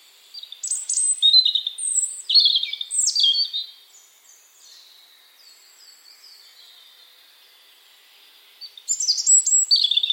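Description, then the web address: European robin song, two bursts of high, liquid, rapidly changing warbled notes separated by a long quiet pause. "cianscape birddata Deverinetal 2025 File origin Bird Only Er Ru"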